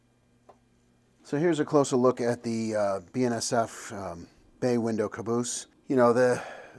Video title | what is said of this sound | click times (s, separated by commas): O Gauge MTH RailKing BNSF ES44AC Review | And then when you place the cover back on, it kind of just snaps in place. | 0.5 s